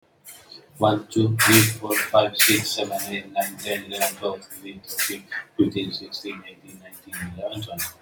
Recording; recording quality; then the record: counting at a fast pace; moderate, slight background noise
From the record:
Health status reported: healthy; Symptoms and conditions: none ticked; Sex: male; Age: 30 years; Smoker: not ticked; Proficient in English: yes